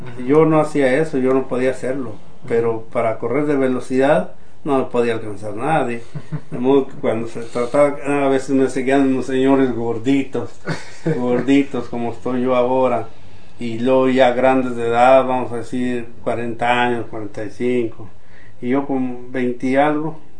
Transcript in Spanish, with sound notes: Yo no hacía eso, yo no podía hacerlo pero para correr de velocidad, no me podía alcanzar nadie. (risas) De modo que cuando se trataba… a veces me seguían unos señores gorditos, gorditos como estoy yo ahora y luego ya grandes de edad, vamos a decir cuarenta años, cuarenta y cinco, y yo con veinte y algo,